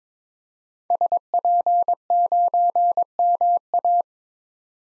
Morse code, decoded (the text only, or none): SP9MA